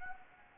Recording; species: mosquito wingbeat signal from an infrared sensor; Anopheles gambiae